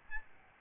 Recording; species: mosquito wingbeat signal from an infrared sensor; Aedes albopictus